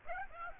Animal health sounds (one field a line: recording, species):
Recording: mosquito wingbeat signal from an infrared sensor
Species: Aedes aegypti